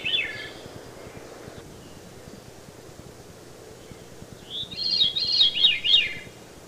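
Veery song with the end of one falling phrase at the start, then a quiet pause, then a full rolling, downward-spiralling phrase near the end.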